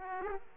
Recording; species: mosquito wingbeat signal from an infrared sensor; Aedes aegypti